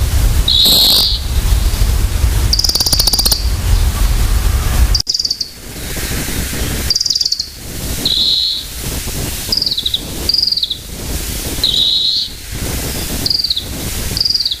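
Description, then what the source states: Varied tit calls: high, slurred notes that rise and fall, repeated about every second over steady rushing noise, which is louder at the start. Call (jinaki), not song.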